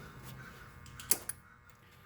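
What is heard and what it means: A plastic safety clip is pushed back onto the fuel line quick-connect fitting on a Chevy Cobalt/HHR after the line is connected. A sharp snap is heard at 1.1 s, followed by a smaller tick at about 1.3 s, and the clip is seated.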